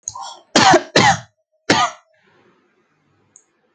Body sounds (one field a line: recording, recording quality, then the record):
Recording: shallow voluntary cough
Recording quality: excellent, no background noise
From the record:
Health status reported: healthy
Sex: female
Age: 35 years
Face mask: not worn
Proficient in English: yes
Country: India